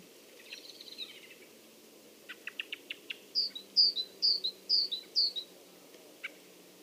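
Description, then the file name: Great tit song of five loud two-note phrases, preceded by a soft descending note and quick clicking chips. "Parus major"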